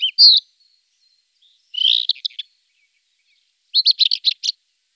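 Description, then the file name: Rufous-tailed scrub robin singing in short bursts of sweet, high warbled notes, ending with a fast, stuttering series of chirps; the background is quiet. "rufous bush robin"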